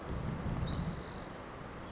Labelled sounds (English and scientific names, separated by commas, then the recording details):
Spotted Towhee (Pipilo maculatus)
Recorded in Sonoma County, California